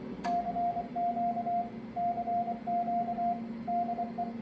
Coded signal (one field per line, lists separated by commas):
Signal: Morse code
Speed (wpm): 25 wpm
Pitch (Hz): 700 Hz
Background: radio noise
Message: CQ CQ DE